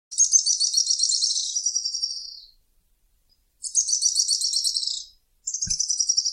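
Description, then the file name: Araucaria tit-spinetail with a long, high-pitched rattling trill of over two seconds, a pause, then a shorter trill and the start of a third. "canto do grimpeiro"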